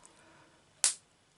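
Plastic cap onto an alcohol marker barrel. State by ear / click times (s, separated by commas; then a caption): seated / 0.8 s. A plastic cap is pushed back onto an alcohol marker barrel after its bullet tip has been shown. It snaps home with a single sharp, bright click at 0.8 s, and the cap is seated. Two faint ticks sit before and after it.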